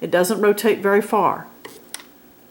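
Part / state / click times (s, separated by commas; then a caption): stop motion knob in a sewing machine hand wheel / seated / 1.9 s. Someone talks while the silver stop motion knob inside a sewing machine's large hand wheel is rotated a short way toward the operator. A soft tick comes at 1.7 seconds, then a sharp click at 1.9 seconds as the knob seats in the position that disengages the needle drive for bobbin winding, which confirms it is in the correct position.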